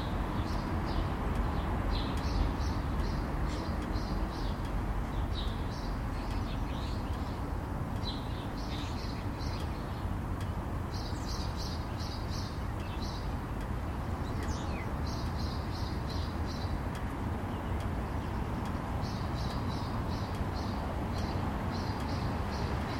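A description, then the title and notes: Backyard ambience with a steady low rumble, like far-off traffic, running the whole time. Over it, a bird repeats bright, high chirps in quick clusters of three or four every couple of seconds, with a few faint ticks scattered through. Recorded in our backyard.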